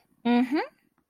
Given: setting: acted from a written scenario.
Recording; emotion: vocal sound without words; interest